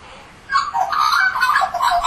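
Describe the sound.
Australian magpie giving a rich, warbling, fluted call that starts abruptly after a short pause and runs on without a break, with mixed gurgling and whistled notes.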